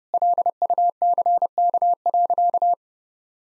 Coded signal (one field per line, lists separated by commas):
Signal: Morse code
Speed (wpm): 30 wpm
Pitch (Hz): 700 Hz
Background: none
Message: LUCK.